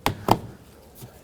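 A plastic power window switch bezel on a 2005–2010 Pontiac G6 is pressed down into the door trim panel. It snaps into place with two sharp knocks at 0.1 s and 0.3 s, and the bezel is seated.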